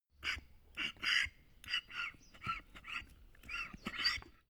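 Donkey snorting and grunting in a string of short breathy puffs, each a rough burst of air.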